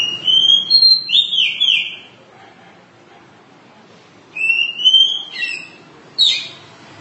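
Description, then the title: Oriental magpie-robin: songbird whistling long rising notes and looping slurs in two short bursts separated by a quiet pause, ending with a brief chirp. Long-duration song. "Kacer Durasi Panjang"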